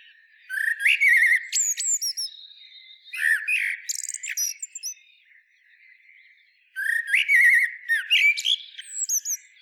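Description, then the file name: Common blackbird singing: several warbled phrases of low fluting notes, each ending in a high squeaky twitter, with pauses between them. "Turdus merula"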